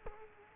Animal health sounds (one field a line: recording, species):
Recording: mosquito wingbeat signal from an infrared sensor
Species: Culex quinquefasciatus